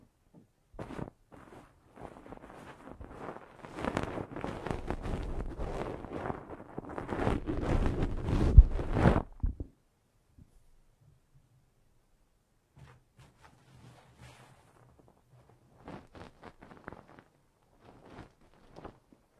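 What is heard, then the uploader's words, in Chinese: Ear-cleaning ASMR: dense, crackly scratching builds until about nine seconds, then gives way to near silence, a faint low hum and scattered soft taps. 8D掏耳朵！360° 环绕触发。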